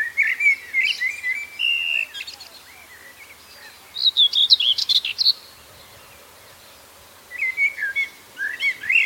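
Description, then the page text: Common whitethroat song, brief scratchy warbling phrases separated by pauses of one to two seconds, over a steady background hiss. "Common Whitethroat Song Tornsanger Sang. knut the bird nerd"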